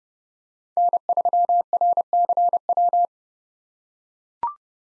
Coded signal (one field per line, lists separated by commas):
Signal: Morse code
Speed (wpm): 30 wpm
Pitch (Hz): 700 Hz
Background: none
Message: N3RCW